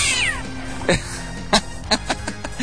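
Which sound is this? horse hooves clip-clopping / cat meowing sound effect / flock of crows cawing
cat meowing sound effect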